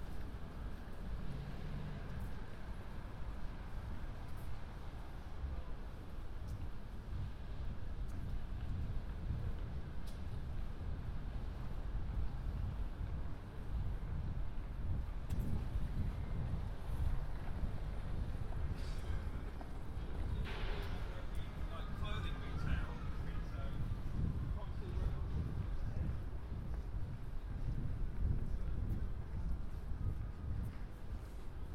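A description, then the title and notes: A walk through London on New Year's Eve, under a steady, dense low rumble of traffic and wind buffeting the microphone. Indistinct voices come and go, and around twenty seconds a brighter burst of sound briefly rises above the constant roar. A walk around London, new years eve.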